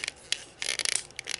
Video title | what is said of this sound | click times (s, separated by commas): Booster Builds A Model Kit - Launcher Spider from Yugioh! | okay yeah that we get the satisfying snap | 0.3 s